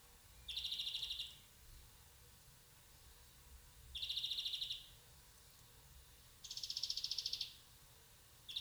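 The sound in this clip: European greenfinch giving spaced bursts of fast rattling notes, three full trills and the start of a fourth.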